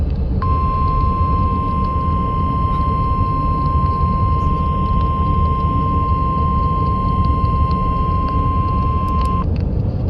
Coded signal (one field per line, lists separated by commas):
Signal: Emergency Alert System (SAME) tones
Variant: 1050 Hz attention tone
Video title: [EAS #2775] TBW Morning Weekly Test (11/23/23)